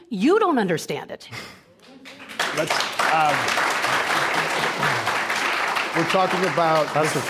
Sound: applause

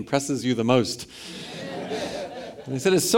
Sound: laughter

